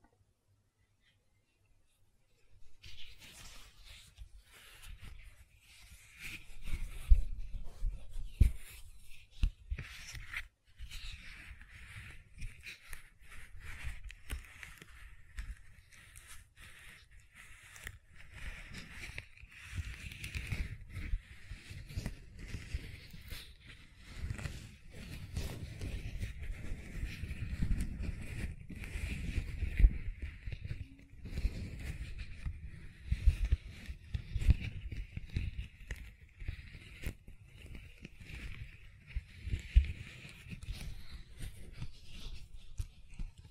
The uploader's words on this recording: ASMR Gentle Silicon Sounds for Sleep (No Talking).